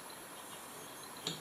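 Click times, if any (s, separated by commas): 1.3 s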